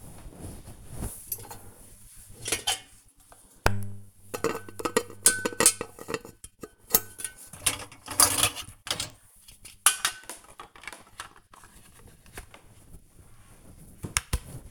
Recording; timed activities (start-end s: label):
household activities, microphone on the right wrist
0.00-14.71 s: cleaning out the dishwasher